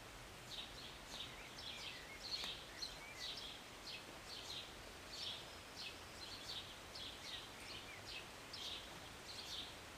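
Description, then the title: Birds chirping, short high notes repeated steadily over a constant hiss of rain. Birds singing and chirping on a Sunday morning during short rain, heard from a city balcony. "Rainy Morning with Birds Chirping"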